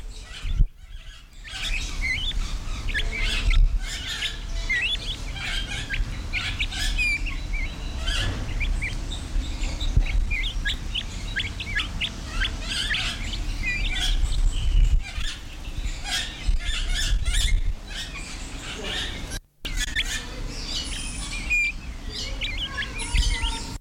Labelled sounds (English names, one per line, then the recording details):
Crested Partridge
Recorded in captivity
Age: adult
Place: Zoo Berlin, Berlin, DE
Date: 1993-01-16 10:27
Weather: heiter, 10-13°C
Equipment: Marantz CP 430, Sennheiser ME 80, Kopie Uher Variocord 263
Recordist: Tembrock, Günter